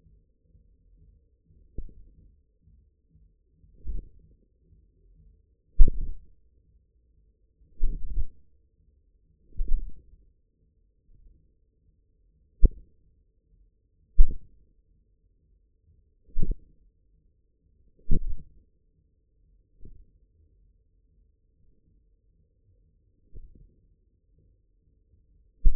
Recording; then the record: forearm muscle sounds (acoustic myography)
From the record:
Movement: hook grip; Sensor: system 1, eight BSWA MPA416 microphones around the upper forearm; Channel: 5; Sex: male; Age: 54 years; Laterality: right